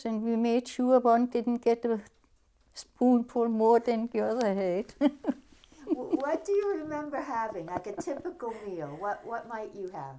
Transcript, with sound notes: And we made sure one didn't get a spoonful more than the other had. (she laughs)
What do you remember having, like, a typical meal? What, what might you have?